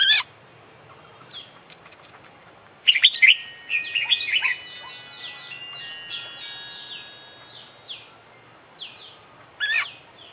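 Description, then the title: Oriental magpie-robin song: a loud chattering burst followed by a long series of thin, quickly repeated downslurred whistles, then a final chattering flourish. International champion kacer from Indonesian songbird contests, singing vigorously (gacor) with its full isian repertoire, used for training other birds. "Kicau Mania - Full Isian Juara Internasional Burung KACER Gacor"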